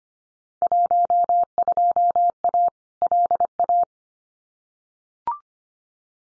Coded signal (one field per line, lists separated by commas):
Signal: Morse code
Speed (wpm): 25 wpm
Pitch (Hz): 700 Hz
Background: none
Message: 12A LA